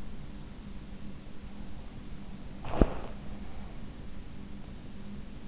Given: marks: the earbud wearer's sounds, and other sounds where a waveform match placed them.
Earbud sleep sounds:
sounds in sleep by an in-ear microphone; body movement
2.15-3.96 s: body movement

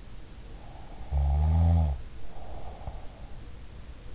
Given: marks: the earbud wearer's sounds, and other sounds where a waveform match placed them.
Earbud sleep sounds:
sounds in sleep by an in-ear microphone; snoring breath
0.78-3.19 s: snoring breath

